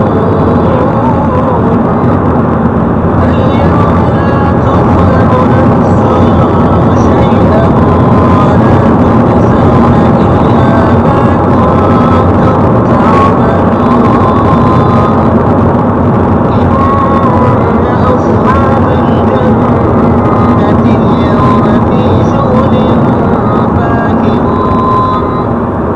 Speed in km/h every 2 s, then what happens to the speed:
103, 104, 106, 108, 110, 106, 101, 94, 92, 87, 85, 82, 79.
0-8 speeds up to 110. 8-26 slows to 79.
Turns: none.